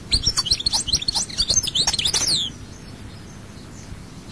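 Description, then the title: European goldfinch song: a fast jumble of bright twittering notes and sweeping whistles lasting about two and a half seconds, then near quiet. "Chant Chardonneret"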